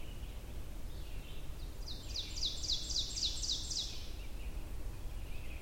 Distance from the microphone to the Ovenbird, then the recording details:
about 45 m. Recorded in boreal forest in Alberta, Canada, on 22 June 2016 at 07:41. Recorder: SongMeter 3, array SBT-6-76. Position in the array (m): 158 m, 114 m. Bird 3